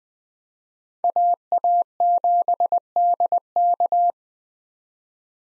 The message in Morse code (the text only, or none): AA7DK